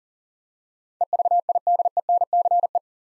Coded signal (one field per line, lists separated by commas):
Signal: Morse code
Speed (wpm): 40 wpm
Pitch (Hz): 700 Hz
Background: none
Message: EVIDENCE